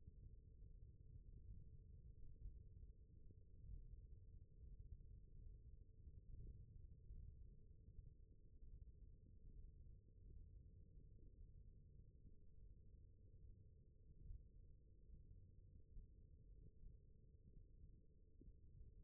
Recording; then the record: forearm muscle sounds (acoustic myography)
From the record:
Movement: index flexion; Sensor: system 1, eight BSWA MPA416 microphones around the upper forearm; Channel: 1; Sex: male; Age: 21 years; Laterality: right